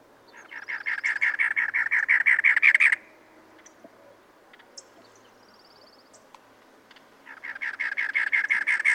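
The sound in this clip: Cactus wren singing two bursts of grating, rhythmic churring notes several seconds apart, each a steady run of rough chugs; faint high buzzy sounds in between.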